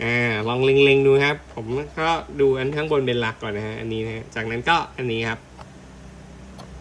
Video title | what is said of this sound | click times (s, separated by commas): Oculus Quest 2 BOBOVR M2 head strap สายรัดศีรษะ รีวิวติดตั้งใช้งาน | ให้อยู่ในชุดเดียวกันนะครับโอเคมันเข้าล็อคแล้วและผมก็รู้เท่าไหร่ครับก็ | 5.6 s